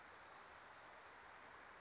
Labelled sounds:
Spotted Towhee
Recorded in Sonoma County, California

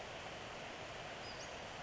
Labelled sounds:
Western Flycatcher
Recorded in Sonoma County, California

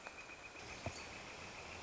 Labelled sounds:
Northern Flicker
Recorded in Sonoma County, California

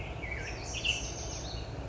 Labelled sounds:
Black-headed Grosbeak
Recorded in Sonoma County, California

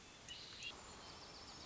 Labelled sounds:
Hermit Thrush
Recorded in Sonoma County, California

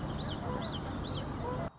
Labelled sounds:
Common Yellowthroat
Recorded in Sonoma County, California

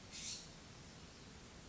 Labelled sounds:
California Scrub-Jay
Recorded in Sonoma County, California

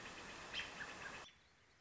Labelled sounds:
American Robin
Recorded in Sonoma County, California

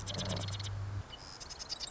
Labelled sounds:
Marsh Wren
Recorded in Sonoma County, California

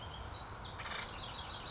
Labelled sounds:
Acorn Woodpecker
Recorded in Sonoma County, California

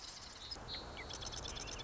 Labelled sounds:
Marsh Wren
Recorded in Sonoma County, California

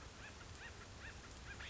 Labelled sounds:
Acorn Woodpecker
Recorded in Sonoma County, California

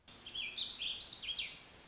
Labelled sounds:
Warbling Vireo
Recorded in Sonoma County, California

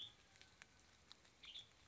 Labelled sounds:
Western Tanager
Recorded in Sonoma County, California

